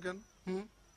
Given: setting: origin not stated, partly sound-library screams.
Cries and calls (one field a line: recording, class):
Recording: one-second piece from a danger detection set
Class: normal situation